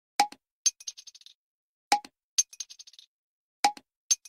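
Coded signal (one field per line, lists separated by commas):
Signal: none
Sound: bottle cap clinking sounds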